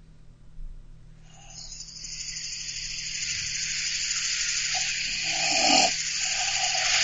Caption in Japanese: 怪獣がおるって言われてたんですよ。 人間のいびきですからね。 ちょっとうるさいぐらいかな。